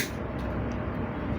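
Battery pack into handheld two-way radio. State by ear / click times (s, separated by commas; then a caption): not seated / none. A battery pack is being slid onto the back of a Baofeng 888s handheld two-way radio to refit it. Only a steady, low rumbling background noise is heard, with no sharp sounds. Nothing has clicked or seated yet.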